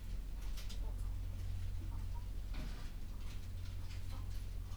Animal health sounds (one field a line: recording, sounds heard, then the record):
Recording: poultry house recording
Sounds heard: sick chickens (respiratory disease)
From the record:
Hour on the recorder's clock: 11